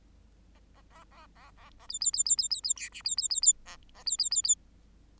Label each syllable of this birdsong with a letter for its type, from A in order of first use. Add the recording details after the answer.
A A A A A A A B B B B B B B C D B B B B A A B B B B. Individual Bird8